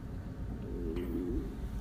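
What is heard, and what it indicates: A brief low, warbling gurgle rises and falls for about half a second over a steady low room rumble, with no speech. It is an audible stomach growl (borborygmi) from an adult, the ordinary sound of gas and fluid moving through the gut.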